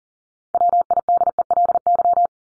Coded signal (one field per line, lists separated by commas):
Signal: Morse code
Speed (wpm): 40 wpm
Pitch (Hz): 700 Hz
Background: none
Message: WIDELY